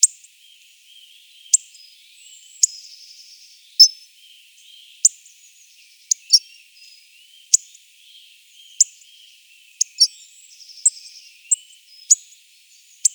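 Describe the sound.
Hawfinch giving a long series of hard, high tick calls, roughly one each second and sometimes doubled, with soft high warbling in the background.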